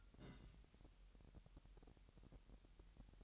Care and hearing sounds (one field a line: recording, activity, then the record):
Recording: daily activity, microphone in the room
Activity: place on stove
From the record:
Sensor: 3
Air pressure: 1001.9 hPa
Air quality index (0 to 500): 247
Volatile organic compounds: 50 ppm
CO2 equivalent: 3292 ppm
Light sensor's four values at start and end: 6/15/6/6 and 6/15/6/6